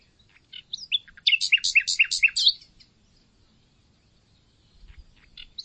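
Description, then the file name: Common nightingale song: soft opening chirps leading into a loud series of several rapidly repeated double notes, then silence and faint notes. "Luscinia megarhynchos"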